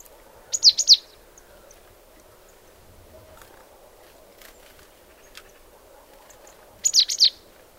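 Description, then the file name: Marsh tit calling with rapid clusters of high, sharply falling notes, a burst at the start and another after about six seconds of near silence. "Poecile palustris"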